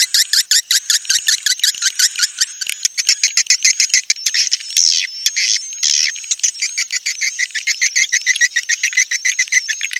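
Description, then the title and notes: Swiftlet chirping in a dense, rapid stream of high, buzzy twittering notes throughout. Sound used for swiftlet farming in Asia. "Swiflet Bird Sound. Farming Swiflet Bird asia sound"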